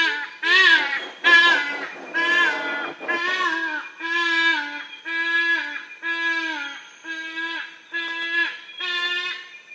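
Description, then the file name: Yellow-casqued hornbill honking calls: a series of loud, nasal, harmonic-rich notes, roughly one per second. "yellow casqued hornbills birds singing"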